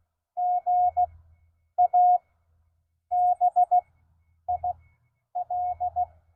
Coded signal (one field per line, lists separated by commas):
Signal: Morse code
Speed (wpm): 17 wpm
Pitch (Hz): 690 Hz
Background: none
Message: GA BIL